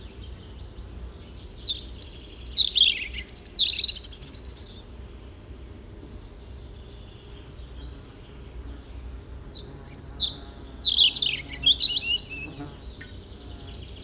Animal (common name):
European Robin